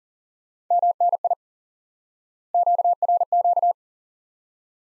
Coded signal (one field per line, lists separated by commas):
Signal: Morse code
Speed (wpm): 40 wpm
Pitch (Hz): 700 Hz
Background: none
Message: MNI QRQ